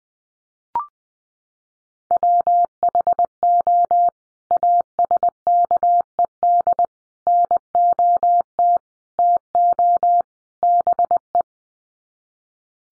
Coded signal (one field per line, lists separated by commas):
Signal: Morse code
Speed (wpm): 20 wpm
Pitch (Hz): 700 Hz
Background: none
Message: WHO ASKED NOT TO BE